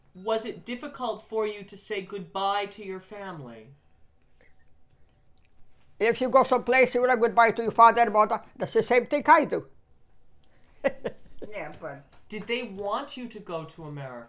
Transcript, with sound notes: Was it difficult for you to say goodbye to your family?
If you go from place, you are goodbye to your father and mother, that's the same thing I do. [Laughs]
Yeah, but —
Did they want you to go to America?